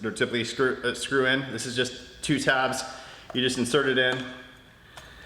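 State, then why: Not seated. A plastic pressure washer extension wand with a two-tab bayonet end, not the usual screw-in type, is handled at the spray gun of a Teande 3800 psi, 2.8 gpm pressure washer while someone talks. Nothing has seated or clicked yet; the wand has not been inserted, seated and twisted to lock into place.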